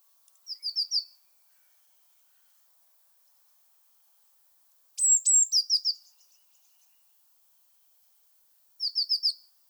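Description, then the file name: Eurasian blue tit giving short rapid trills of high notes, one led by a sharp downslurred whistle, repeated three times with long quiet gaps between. "Cyanistes caeruleus"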